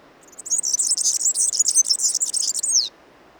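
European serin singing a rapid, glassy, insect-like jangle of very high notes for roughly two and a half seconds, ending in a falling slur.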